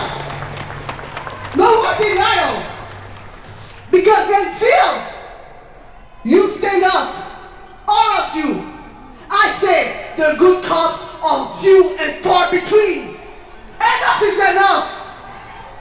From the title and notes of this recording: Protest Ambience. The sounds of the streets during yesterday’s march/protest.